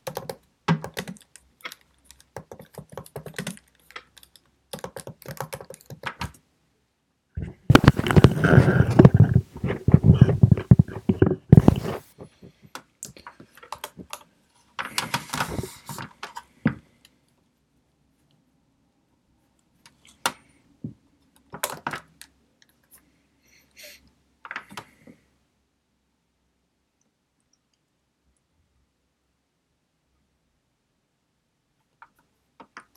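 Studying with a pencil and computer: quick keyboard taps and clicks fill the first seven seconds, then a dense burst of scratchy pencil writing runs from about 8 to 12 seconds. Scattered taps and clicks follow, thinning out after 25 seconds into near silence.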